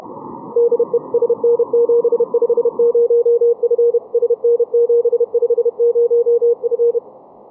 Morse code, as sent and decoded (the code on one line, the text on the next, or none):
-.. . / ... -. --... ..... ----- ..-. / ... -. --... ..... ----- ..-.
DE SN750F SN750F